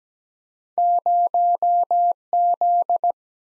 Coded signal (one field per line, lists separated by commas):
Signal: Morse code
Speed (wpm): 17 wpm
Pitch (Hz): 700 Hz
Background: none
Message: 0 Z